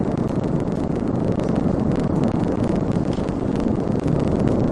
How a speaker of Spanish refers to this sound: lava continúa saliendo con una gran intensidad y calculamos que aproximadamente desde donde estamos, una distancia de 4 kilómetros, están alcanzando esa lava una altura de hasta 50 metros. Este es el sonido precisamente de esta erupción en La Palma.